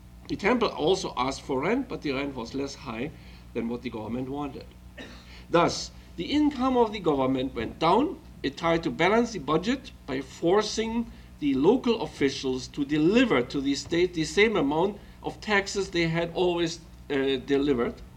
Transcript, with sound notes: The temple also asked for rent, but the rent was less high than what the government wanted. (clears throat) Thus, the income of the government went down. It tried to balance the budget by forcing the local officials to deliver to the state the same amount of taxes they had always, uh, delivered.